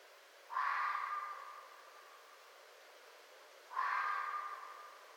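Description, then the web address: Red fox barking: two hoarse, slightly tonal barks roughly three seconds apart, each fading out in a drawn tail, against a quiet background. Recorded 4 May 2011. "Red Fox 2011 05 04 Red Fox"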